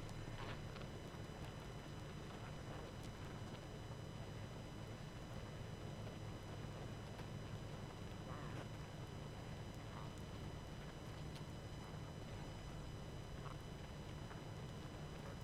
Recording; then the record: honeybee colony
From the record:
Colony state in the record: active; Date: 12 June 2018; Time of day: 21:31